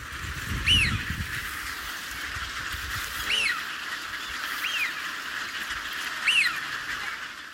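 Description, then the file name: Eurasian wigeon whistled calls, four clear rising-then-falling whistles spaced a few seconds apart, over a steady broad hiss of background noise. "hidorigamo"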